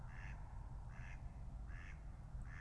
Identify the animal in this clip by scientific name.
Anas platyrhynchos